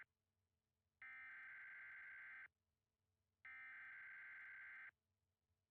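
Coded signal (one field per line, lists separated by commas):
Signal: Emergency Alert System (SAME) tones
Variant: header bursts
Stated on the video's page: Fictional EAS scenario of California severe weather using valid EAS tones.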